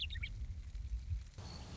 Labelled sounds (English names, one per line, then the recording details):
Western Meadowlark
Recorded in Sonoma County, California